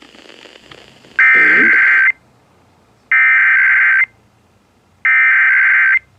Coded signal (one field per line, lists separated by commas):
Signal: Emergency Alert System (SAME) tones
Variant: header bursts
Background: speech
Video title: The Last Shasta County RMT (EAS #3810-3822)